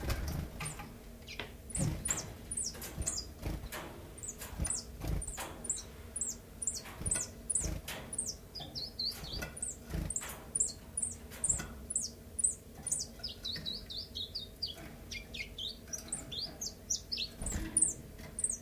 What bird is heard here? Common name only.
Common Chiffchaff